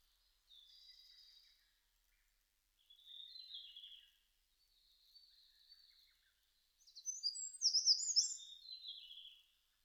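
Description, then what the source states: Eurasian wren song: a few soft, high trilled phrases separated by short pauses, then a louder, rapid jumble of sharp chattering notes near the end. Recorded 5 June 2005.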